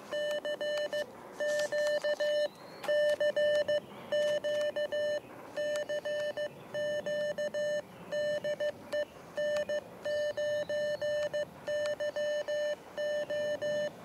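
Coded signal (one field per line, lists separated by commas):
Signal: Morse code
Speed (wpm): 15 wpm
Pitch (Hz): 590 Hz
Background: none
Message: CQ CQ CQ DE N9YO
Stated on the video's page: QRP contacts made with a Chameleon MPAS military portable HF antenna raised into a tree in a park.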